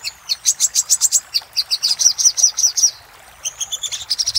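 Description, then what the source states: Little spiderhunter giving a brisk series of sharp, high chips running into a rolling run, then a pause before a shorter burst resumes. Master recording used for training cage birds.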